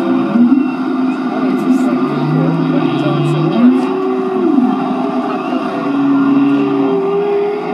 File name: Humpbacks